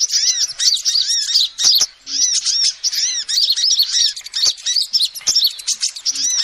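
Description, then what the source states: Lovebirds chatter busily, with dense, high squeaky arched notes repeated rapidly with few pauses, plus scattered clicks. Recording used as a lure to trap birds.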